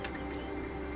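A plastic part from a G.W.H. 1/48 A-10C model kit is lined up on the many small locating pin holes of the wing and pressed on, with steady music playing in the background. A brief tick is heard near 0.05 s. Nothing has seated or clicked into place yet.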